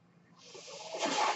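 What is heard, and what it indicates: A soft airy hiss starts after a brief quiet moment and swells steadily over about a second, loudest near the end. It is the airflow of a home mechanical ventilator delivering a breath.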